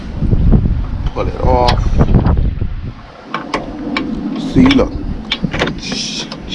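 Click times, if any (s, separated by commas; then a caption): 5.3 s. A metal roller rocker arm on a 4.6L/5.4L Ford Modular engine is pulled off and then pushed back onto the lifter and valve in the cylinder head, while someone talks. Sharp metallic clacks ring out as it is handled, and it clicks into place at 5.3 s, seating easily because there is no tension on the camshaft.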